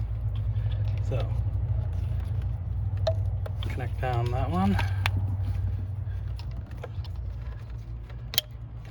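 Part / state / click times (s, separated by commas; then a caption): wiring harness connector into glow plug relay module / seated / 8.4 s. A wiring harness connector is pushed down onto the glow plug/intake heater relay module of a 2003 Chevrolet Silverado 2500HD California emissions diesel pickup while someone talks over a steady low hum with scattered small knocks and rattles. A sharp plastic click at 8.4 s marks the connector locking, seated in place.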